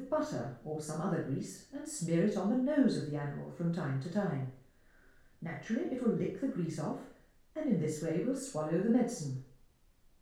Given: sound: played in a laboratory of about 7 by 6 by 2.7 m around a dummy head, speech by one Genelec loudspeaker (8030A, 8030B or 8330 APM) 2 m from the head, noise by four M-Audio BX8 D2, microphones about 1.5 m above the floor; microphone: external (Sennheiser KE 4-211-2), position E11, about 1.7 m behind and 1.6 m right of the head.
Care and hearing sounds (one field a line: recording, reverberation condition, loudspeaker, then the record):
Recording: female speech in English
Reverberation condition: medium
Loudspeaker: behind (180 degrees)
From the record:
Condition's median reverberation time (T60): about 510 ms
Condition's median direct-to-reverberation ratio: about -0.5 dB